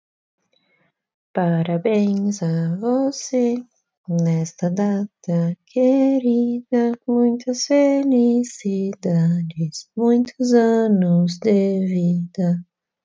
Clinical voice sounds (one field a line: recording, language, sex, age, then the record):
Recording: short text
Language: Brazilian Portuguese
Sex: female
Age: 20 to 29 years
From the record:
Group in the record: control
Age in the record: 27 years